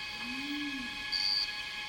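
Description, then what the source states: Cicada chorus as an even, sustained droning hum, with one brief high whistle in the second half. In a rainforest, heard together with birds.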